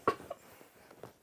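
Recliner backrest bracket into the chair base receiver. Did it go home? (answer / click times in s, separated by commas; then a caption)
yes / 0.1 s. The backrest bracket of a Thomas Payne Signature Swivel Glider RV Recliner with Footrest is pushed down onto the receiver in the chair base, and one side locks into place with a sharp click at 0.1 s. A softer tap follows at 0.3 s, then faint ticks near 0.9 s and 1.0 s, and that side of the backrest is seated.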